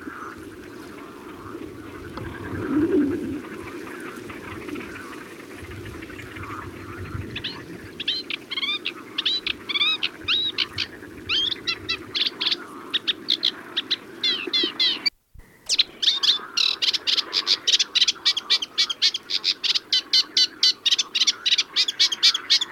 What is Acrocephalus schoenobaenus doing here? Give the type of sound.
song